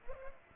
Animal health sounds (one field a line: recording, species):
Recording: mosquito wingbeat signal from an infrared sensor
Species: Culex pipiens